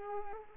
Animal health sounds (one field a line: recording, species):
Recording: mosquito wingbeat signal from an infrared sensor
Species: Culex pipiens